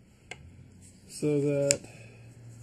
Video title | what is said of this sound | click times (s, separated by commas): Constructing a Sundial | just kind of like locks into place there yes that's gonna be that's basically it | 0.3 s